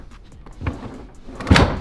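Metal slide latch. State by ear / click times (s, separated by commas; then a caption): seated / 1.6 s. A fridge slide in the rear of a Land Cruiser FZJ80 overland vehicle is pushed back in, with a few light knocks and rattles around 0.5 and 0.7 seconds. At 1.6 seconds a loud, sharp clunk marks its spring-loaded latch locking it in its stowed position so it won't move while driving.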